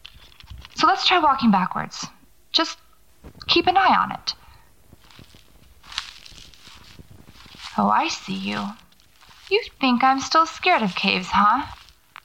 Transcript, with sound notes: So let’s try walking backwards. Just keep an eye on it.
[Footsteps]
Oh, I see you. You think I’m still scared of caves, huh?